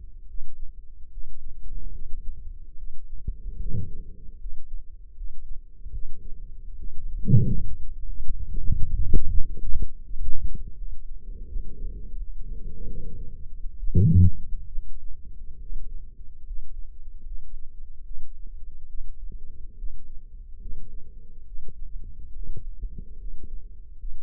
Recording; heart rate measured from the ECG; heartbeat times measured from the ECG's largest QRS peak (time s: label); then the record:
heart sounds by microphone in the left ear; 73 bpm
0.27 s: heartbeat
1.10 s: heartbeat
1.92 s: heartbeat
2.76 s: heartbeat
3.58 s: heartbeat
4.38 s: heartbeat
5.15 s: heartbeat
5.91 s: heartbeat
6.77 s: heartbeat
7.64 s: heartbeat
8.47 s: heartbeat
9.28 s: heartbeat
10.03 s: heartbeat
10.75 s: heartbeat
11.47 s: heartbeat
12.16 s: heartbeat
12.87 s: heartbeat
13.77 s: heartbeat
14.70 s: heartbeat
15.59 s: heartbeat
16.44 s: heartbeat
17.24 s: heartbeat
18.04 s: heartbeat
18.88 s: heartbeat
19.76 s: heartbeat
20.59 s: heartbeat
21.45 s: heartbeat
22.33 s: heartbeat
23.17 s: heartbeat
23.97 s: heartbeat
From the record:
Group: healthy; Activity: rest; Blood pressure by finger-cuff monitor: 109/67 mmHg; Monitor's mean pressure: 82 mmHg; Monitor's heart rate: 72 bpm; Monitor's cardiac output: 5.9 L/min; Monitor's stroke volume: 81 mL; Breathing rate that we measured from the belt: 15 breaths a minute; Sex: male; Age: 35 years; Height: 178 cm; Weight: 64 kg